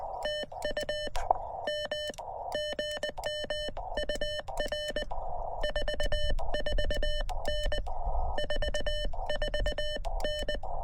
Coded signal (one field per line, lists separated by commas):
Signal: Morse code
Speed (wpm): 19 wpm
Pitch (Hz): 3000 Hz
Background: none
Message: TU M GM UR 44N 44N